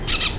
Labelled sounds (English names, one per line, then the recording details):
Brown-throated Parakeet contact call
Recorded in Venezuela
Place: Cerro Saroche, Hato Dalmatela, Edo. Lara
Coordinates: 10.149, -69.534